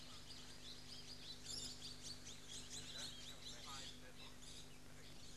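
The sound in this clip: Swift parrot calls: a scatter of thin, high chirps and tinny notes through the middle seconds, over a steady low hum.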